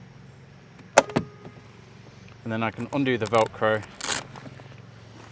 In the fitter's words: and then release and it should pop into place